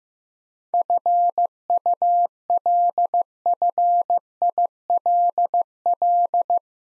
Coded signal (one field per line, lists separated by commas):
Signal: Morse code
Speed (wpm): 15 wpm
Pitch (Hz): 700 Hz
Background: none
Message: FULFILL